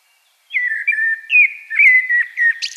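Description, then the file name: Common blackbird song: one continuous mellow warbling phrase of whistled notes, closing with a sharp high squeaky flourish. "Turdus merula"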